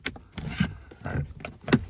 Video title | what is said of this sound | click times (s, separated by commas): Replacing 10-13 Acura ZDX and 09-14 TL Air Mix Temperature Control Motor HVAC repair fix tutorial | Don't forget to push these tabs down. There we go. All right, click | 0.1 s